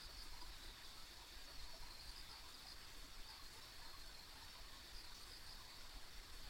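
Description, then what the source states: Insects keep up an even, high trilling drone dotted with brief chirps, heard against a gentle background hiss. Ambient insect sounds recorded on a rural country road.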